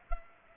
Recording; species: mosquito wingbeat signal from an infrared sensor; Culex pipiens